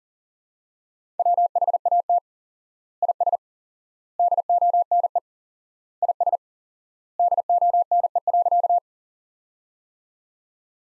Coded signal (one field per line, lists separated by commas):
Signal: Morse code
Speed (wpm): 40 wpm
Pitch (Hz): 700 Hz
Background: none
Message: WHAT IS DONE IS DONE.